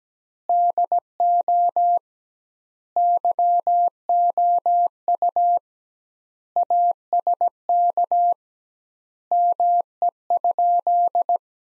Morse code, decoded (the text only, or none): DO YOU ASK ME?